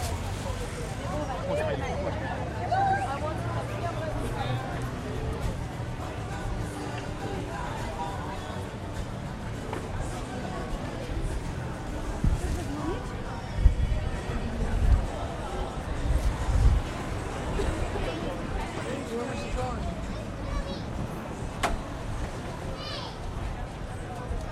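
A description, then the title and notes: Camden Market is full of overlapping voices, a steady crowd chatter with no single speaker standing out. A low rumble runs underneath throughout, and a few sharp knocks and louder bursts stand out between about 13 and 17 seconds. Camden Market is a very noisy place. London Soundscape.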